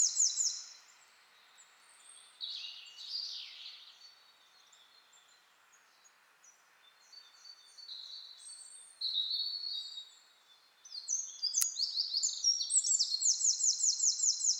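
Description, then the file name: Eurasian wren song: scattered high sharp phrases and soft warbles, ending in a long, loud, rapid high-pitched rattling trill. "Troglodytes troglodytes"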